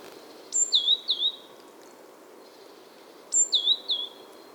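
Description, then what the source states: Coal tit song: two high phrases about three seconds apart, each a sharp high note dropping into quick two-part whistled notes, over a soft steady background hiss. Displaying male in full song beside a remote forest lake at Kulaträsk, Värmdö, Sweden, late February at the end of winter.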